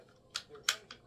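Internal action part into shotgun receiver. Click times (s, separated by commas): 0.7 s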